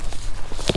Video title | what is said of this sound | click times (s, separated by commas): Driveaway Awning Trial Run! - Outdoor Revolution Movelite T2 | like that and Clicks in place it's quite secure once it's on once you can figure it out | 0.7 s, 0.8 s